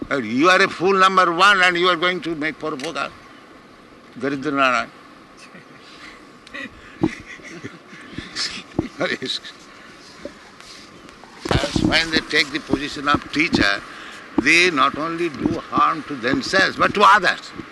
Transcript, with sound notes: You are a fool number one and you are going to make paropakāra? Daridra-nārāyaṇa. [laughter] [chuckles] ...when they take the position of teacher, they not only do harm to themselves but to others.